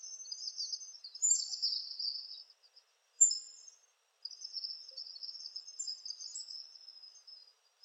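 Palm tanager calls: a burst of high squeaky chatter, one sharp loud chip after a pause, then a longer run of thin twittering notes.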